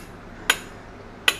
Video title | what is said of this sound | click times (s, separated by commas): 10 MTR Folding Shovel 1.0 Lathe Set up | bring it around, hear that clicking noise. | 0.5 s, 1.3 s